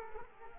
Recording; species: mosquito wingbeat signal from an infrared sensor; Culex quinquefasciatus